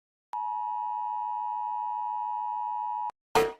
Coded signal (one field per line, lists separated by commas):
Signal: Emergency Alert System (SAME) tones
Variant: 853 and 960 Hz attention tone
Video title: I made drawings for eas alarms part 1